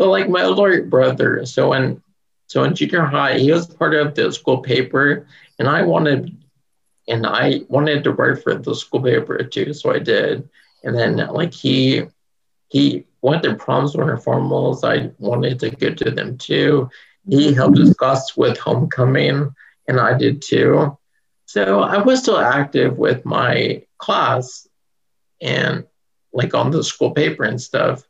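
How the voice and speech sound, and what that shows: An adult man who stutters, and who had speech therapy in elementary school, speaks conversationally in a mostly fluent flow. It is broken by stretched sounds, a repeated word ('he... he'), a prolonged sound inside 'class', and tense pauses before words. These are mild stuttering disfluencies: prolongations, repetitions and blocks.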